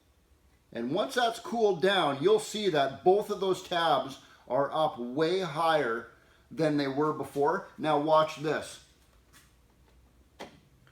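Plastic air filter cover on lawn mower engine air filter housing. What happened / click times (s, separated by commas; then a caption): Plastic cover being positioned, not yet latched / none. A plastic air filter cover is lined up on a lawn mower engine's air filter housing while someone talks. Near the end, a few small ticks at about 10.4, 10.9 and 11.0 seconds come from handling the cover. It has not snapped on yet.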